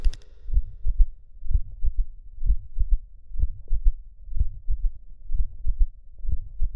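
Heart of a boy about five years old, heard by stethoscope: a Still's murmur, an innocent murmur common in healthy people, with a third heart sound, a dull thud after the second heart sound.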